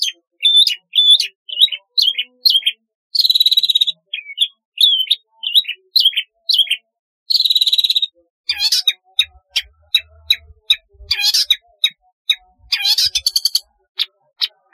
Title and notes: Kicau Burung Cendet